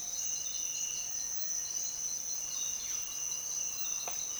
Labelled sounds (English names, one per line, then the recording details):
Cinereous Tinamou
Violaceous Jay
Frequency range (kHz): Cinereous Tinamou 1.6-2.3 kHz; Violaceous Jay 0.7-8.1 kHz
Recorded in dense forest near Puerto Asís, Putumayo, Colombia, on 19 February 2024 at 06:30
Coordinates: 0.499, -76.324
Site G6469